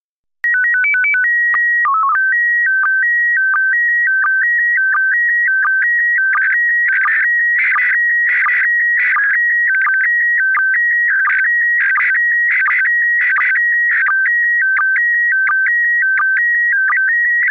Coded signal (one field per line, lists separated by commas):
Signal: SSTV (slow-scan television)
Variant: PD 90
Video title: Daily Minutes, 10 februari 2019 (O.a. vier SSTV-beelden)